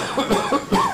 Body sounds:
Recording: coughing mixed with background sound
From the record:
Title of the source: Spring Allergy Coughing

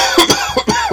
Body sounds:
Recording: coughing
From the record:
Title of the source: Dry Coughing Fit in the Afternoon.

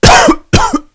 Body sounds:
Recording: coughing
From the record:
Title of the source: Coughing 51

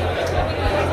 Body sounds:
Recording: background sound without coughing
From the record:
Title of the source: CITY SOUNDS Busy Bar in the Evening Night - 2 HOURS of Ambiance for Relaxation

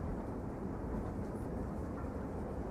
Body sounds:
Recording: background sound without coughing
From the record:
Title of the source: Train Ride Ambience ambient white noise for sleeping, focus, studying, reading

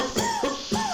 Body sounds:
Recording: coughing mixed with background sound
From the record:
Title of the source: Mid-morning Winter Coughing Fit

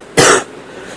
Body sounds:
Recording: coughing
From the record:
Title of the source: 34 coughing up crap again

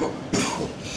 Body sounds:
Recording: coughing mixed with background sound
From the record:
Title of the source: Spring Cold Coughing 3

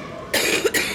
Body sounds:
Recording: coughing mixed with background sound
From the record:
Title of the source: 60 coughing still (deep and wet cough)

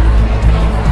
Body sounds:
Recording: background sound without coughing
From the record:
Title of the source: Party Noise 1 Hour Party Ambience

